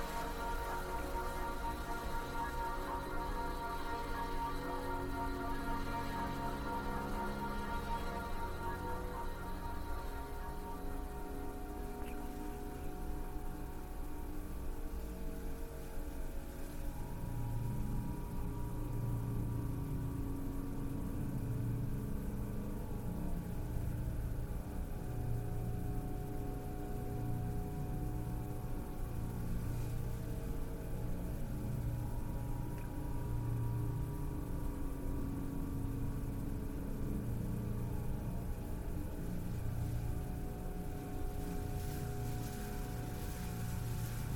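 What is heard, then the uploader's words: An ambient spaceship soundscape made of a steady, engine-like low hum at an even volume throughout. Faint higher tones drift in the first fifteen seconds, then fade, and from about seventeen seconds a low throbbing pulse repeats beneath the drone. The Ambient Spaceship Soundscape.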